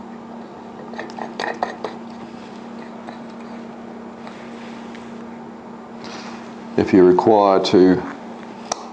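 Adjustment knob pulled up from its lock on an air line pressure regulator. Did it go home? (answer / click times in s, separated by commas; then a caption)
released / 8.7 s. The adjustment knob on an air line pressure regulator is pulled up from its lock to unlock it for setting the pressure, until a red mark shows. Over a steady low hum, a few faint ticks come near 1.0–1.9 s and someone talks around 6.8–8.0 s. The knob clicks open with a sharp click at 8.7 s, releasing it.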